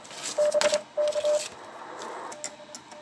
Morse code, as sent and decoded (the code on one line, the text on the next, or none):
-... -.-
BK